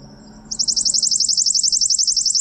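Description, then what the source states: Worm-eating Warbler song: a fast, dry, even trill of high notes, insect-like, starting after a brief quiet moment and running steadily to the end. Played from a bird song app.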